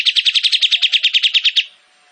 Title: KAPAS TEMBAK GACOR TEMBAKAN DAN BESETAN PANJANG AUDIO KERNIH COCOK UNTUK MASTERAN MURAI BATU